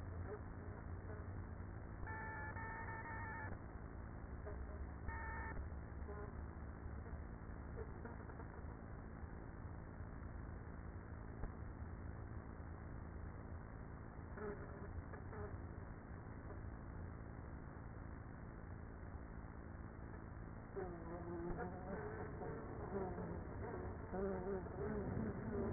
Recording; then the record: honeybee colony, microphone inside the hive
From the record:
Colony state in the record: queenless with a low population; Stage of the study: after two queens were removed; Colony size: about 30,000 bees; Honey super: no